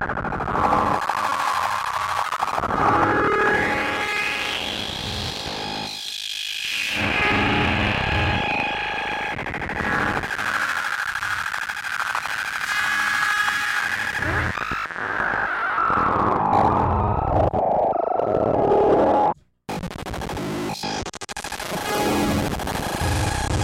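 Square waves are played as a dense, harsh electronic buzz with a steady tone running underneath. Around the fifth second a pitch sweeps up and back down in an arc. The sound stays loud throughout until it cuts out briefly near nineteen seconds, then resumes.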